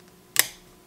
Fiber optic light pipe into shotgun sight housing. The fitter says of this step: and they snap right in and then that's in there pretty solid you can't uh